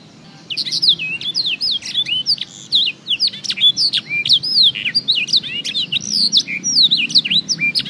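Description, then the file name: Black-throated canary starting after a brief quiet moment, then singing a long, rapid sequence of high whistled slides and chirps until the end. "audio kenari new obelix jr full blackthroat"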